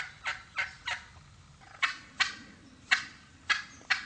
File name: turkey yelp